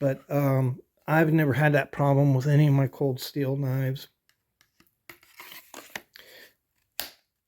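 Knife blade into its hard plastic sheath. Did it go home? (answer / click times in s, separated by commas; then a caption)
yes / 7.0 s. Someone talks, then a Cold Steel Marauder fixed-blade knife is pushed into its molded hard plastic sheath with a series of light scraping and clicking sounds between about 5.1 and 6.2 s. A sharp snap at 7.0 s marks the blade seating into the sheath's retention.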